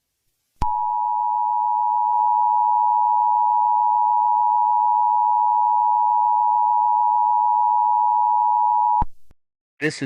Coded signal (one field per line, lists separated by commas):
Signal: Emergency Alert System (SAME) tones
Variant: 853 and 960 Hz attention tone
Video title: Madout EAS Alarm